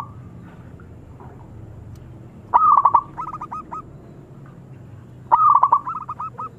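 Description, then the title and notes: Zebra dove song, two phrases each opening with a bright rattling burst and trailing into spaced clipped coos, over faint background hum. Zebra dove (perkutut) singing actively (gacor). "Pancingan Perkutut Durasi Panjang. Suara Burung Perkutut Gacor"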